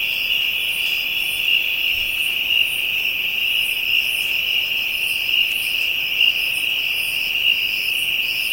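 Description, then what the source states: Continuous high insect drone with faint higher chirps pulsing above the steady band throughout. African insects, ambient soundscape.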